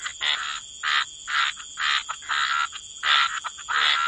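Frog chorus: harsh croaks repeating irregularly, over a faint continuous high-pitched hum.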